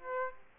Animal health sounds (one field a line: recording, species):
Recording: mosquito wingbeat signal from an infrared sensor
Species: Aedes aegypti